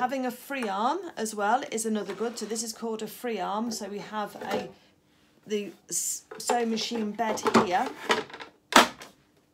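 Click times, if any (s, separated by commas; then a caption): 8.8 s. Someone talks about a sewing machine while fitting its removable flat extension bed (accessory table) onto the free arm. A single sharp click at 8.8 s marks the bed seating into place.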